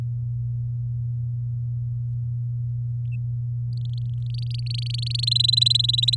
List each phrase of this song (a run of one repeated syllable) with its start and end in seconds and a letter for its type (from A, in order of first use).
3.73-5.25 A, 5.27-6.15 B